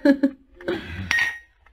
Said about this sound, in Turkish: Evet, kadehlerimizi Feride'nin güzelliğine kaldırıyoruz.